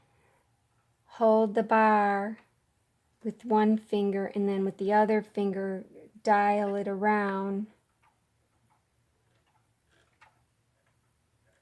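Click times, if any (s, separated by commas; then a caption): none. A plastic bobbin is placed on a sewing machine's bobbin winder spindle and turned with one finger while someone talks from about 1.1 to 7.7 seconds. After that only faint, quiet handling noise is heard. Nothing has seated or clicked yet.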